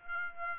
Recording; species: mosquito wingbeat signal from an infrared sensor; Aedes aegypti